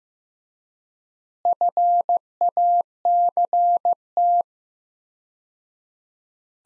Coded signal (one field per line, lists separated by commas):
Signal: Morse code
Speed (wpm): 15 wpm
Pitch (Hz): 700 Hz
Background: none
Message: FACT